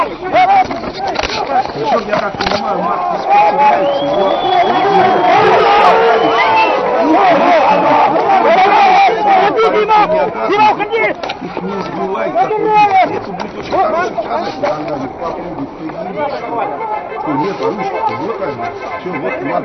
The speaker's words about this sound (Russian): А здесь, видишь, толпа-то оказалась.